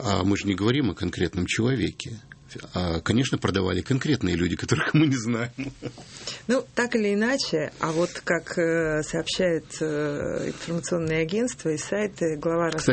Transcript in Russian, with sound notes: А мы ж не говорим о конкретном человеке. Конечно, продавали конкретные люди, которых мы не знаем. (смеется)
Ну, так или иначе, а вот как сообщают информационные агентства и сайты, глава РОСТО...